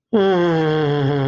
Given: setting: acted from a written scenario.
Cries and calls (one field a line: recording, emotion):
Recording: vocal sound without words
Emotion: distress